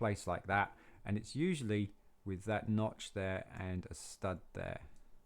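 A plastic turntable brick is handled on a long base plate, being lined up to be pushed home onto the plate's studs. Someone talks throughout, and nothing has seated or clicked yet.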